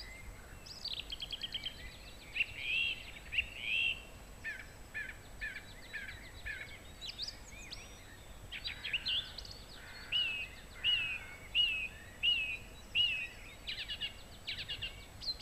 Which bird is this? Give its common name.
Song Thrush